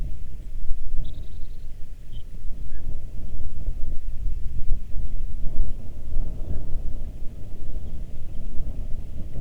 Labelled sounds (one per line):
songbird
wind